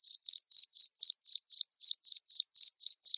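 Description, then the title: Cricket chirping: loud, short pulsed chirps, about four a second, evenly spaced. Loud cricket chirping played to make lovebirds sing continuously. "Suara JANGKRIK NGERIK Keras Bikin LOVEBIRD Jadi NGEKEK Terus"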